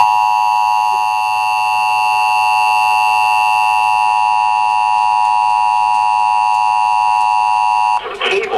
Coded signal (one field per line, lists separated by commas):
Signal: Emergency Alert System (SAME) tones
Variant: 853 and 960 Hz attention tone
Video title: Emergency Alert System,